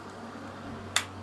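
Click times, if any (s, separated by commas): 1.0 s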